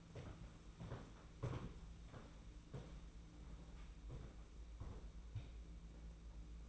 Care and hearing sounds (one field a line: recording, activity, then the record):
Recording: daily activity, microphone in the room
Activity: walk to room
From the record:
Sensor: 1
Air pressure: 992.0 hPa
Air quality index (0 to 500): 216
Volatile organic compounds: 1000 ppm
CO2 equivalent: 8412 ppm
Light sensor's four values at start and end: 22/76/30/30 and 22/78/30/30